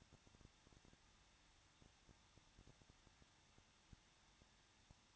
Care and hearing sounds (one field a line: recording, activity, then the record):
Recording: daily activity, microphone in the room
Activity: no activity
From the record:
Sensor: 3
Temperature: 21.2 degrees Celsius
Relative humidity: 36.3%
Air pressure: 1006.3 hPa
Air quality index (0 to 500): 222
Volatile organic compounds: 41 ppm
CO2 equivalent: 3166 ppm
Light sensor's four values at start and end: 2/3/2/2 and 2/3/2/2